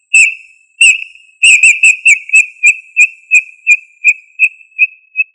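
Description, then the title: Tinamou whistled call: a series of short, clear, high whistles on one pitch, two spaced notes, then a bunched run whose spacing gradually widens toward the end. "Familia Tinamidae - Quail - Puyuh"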